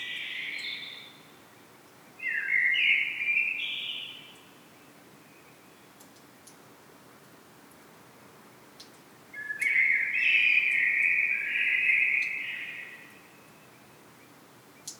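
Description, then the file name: Common blackbird song: three mellow warbled phrases, the first cut off at the start, separated by long pauses, with a few faint clicks in the background. "Turdus merula"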